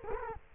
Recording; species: mosquito wingbeat signal from an infrared sensor; Culex quinquefasciatus